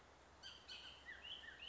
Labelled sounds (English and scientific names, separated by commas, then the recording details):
Bullock's Oriole (Icterus bullockii)
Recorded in Sonoma County, California